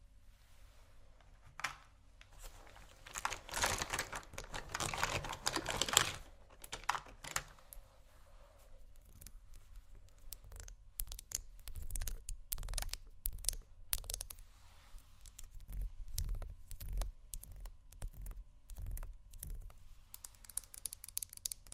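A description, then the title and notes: Someone rummages through a makeup bag, with a steady run of small clicks, taps and rustles. A dense, brighter burst of crinkling and scraping comes around 3 to 7 seconds, then the handling thins to scattered clacks and knocks with a low rumble under them. ASMR Rummaging Through My Makeup Bag （No Talking）.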